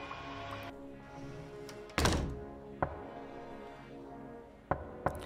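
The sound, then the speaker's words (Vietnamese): Four heavy, irregular knocks bang on a locked hidden door, as if someone were pounding hard to get out, the first loudest and booming, the rest sharper thuds, over a steady low humming drone with no voices. “Tiếng cánh cửa ngầm bị khóa vang lên ầm ĩ như có người đang đập thật mạnh đòi thoát ra. Tiếng gõ cửa lục cục lục cục.”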